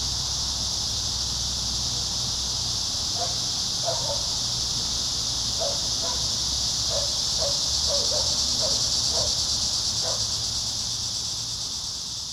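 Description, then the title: Cicadas keep up a steady high buzz while short chirps sound several times in the middle, over a low hum. Several cicadas in a park. "neoscenes: cicadas in the park"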